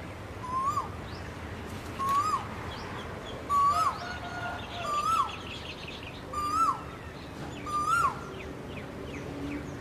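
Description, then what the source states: Asian koel repeating a rising two-part whistle six times, about every one and a half seconds. Calling to find a mate.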